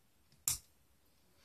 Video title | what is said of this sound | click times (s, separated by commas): Taurus PT 1911 Extractor Replacement | so now you're going to hear a little click when we press the plunger | 0.5 s